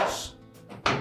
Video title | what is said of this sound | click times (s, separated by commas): Frigidaire Washer Repair - How to Replace the Drawer Handle | and make sure all 3 of those tabs snap into place. | 0.9 s